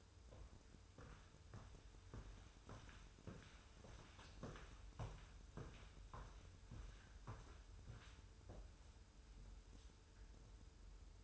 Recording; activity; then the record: daily activity, microphone in the room; walk to room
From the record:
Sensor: 2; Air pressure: 994.2 hPa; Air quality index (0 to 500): 207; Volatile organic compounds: 1000 ppm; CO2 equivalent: 6802 ppm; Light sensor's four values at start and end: 68/157/65/65 and 67/153/64/63